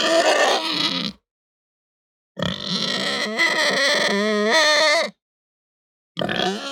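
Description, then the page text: Pig squealing in long, raspy bursts whose pitch wavers up and down, three bouts separated by silent gaps. Hampshire breed pig; squeal described as raspy, fluctuating and long. "Hampshire Pig Squeal Raspy Fluctuate Long. Quick Sounds"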